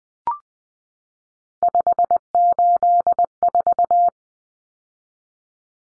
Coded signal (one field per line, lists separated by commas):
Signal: Morse code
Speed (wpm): 20 wpm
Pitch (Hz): 700 Hz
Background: none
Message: 584